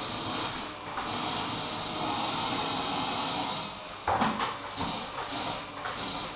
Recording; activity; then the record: daily activity, microphone in the room; vacuum cleaning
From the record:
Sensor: 1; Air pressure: 995.3 hPa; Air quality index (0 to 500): 25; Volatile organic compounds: 1 ppm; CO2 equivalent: 508 ppm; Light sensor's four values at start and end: 17/57/21/23 and 17/57/21/23